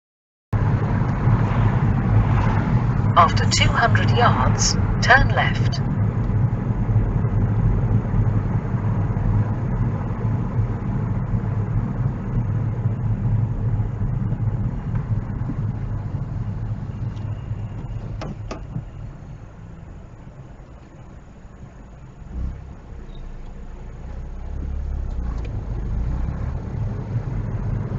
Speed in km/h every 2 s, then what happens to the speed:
29, 27, 26, 26, 24, 21, 18, 13, 5, 2, 0, 0, 11, 18.
0-18 slows to 2. 18-22 standing. 22-28 pulls away to 18.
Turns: none.